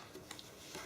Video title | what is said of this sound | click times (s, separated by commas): Lifeproof AQ11 Speaker Unboxing [WATERPROOF SPEAKER] | it actually just locks in place so and I | 0.3 s, 0.4 s